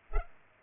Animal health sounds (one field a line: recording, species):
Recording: mosquito wingbeat signal from an infrared sensor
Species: Culex pipiens